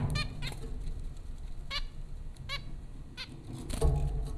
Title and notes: Dronecast No. 030: The Popcorn Finches Four from Apr 15, 2009. Zebra finches recorded by Dan Bodah at Popcorn School, Flatbush, Brooklyn NY in April 2009